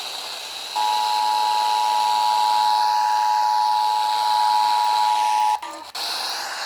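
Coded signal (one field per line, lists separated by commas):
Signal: Emergency Alert System (SAME) tones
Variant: 853 and 960 Hz attention tone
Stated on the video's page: Severe thunderstorm warnings from NWS Wilmington, received on broadcast stations including AM 640.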